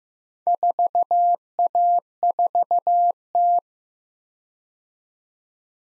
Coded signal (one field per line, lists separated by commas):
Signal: Morse code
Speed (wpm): 18 wpm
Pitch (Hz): 700 Hz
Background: none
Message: 4A4T